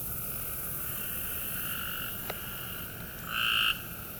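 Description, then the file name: Cope's gray treefrogs in a chorus of overlapping buzzy trills, with one loud harsh trill standing out near the end over steady background hiss. Several Cope's gray treefrogs recorded in Maryland on 23 June 2010. "Copes Gray Treefrogs Ha MD"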